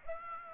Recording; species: mosquito wingbeat signal from an infrared sensor; Aedes aegypti